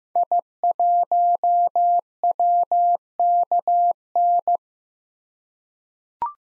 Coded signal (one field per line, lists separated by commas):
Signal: Morse code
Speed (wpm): 15 wpm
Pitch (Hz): 700 Hz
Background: none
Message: I1WKN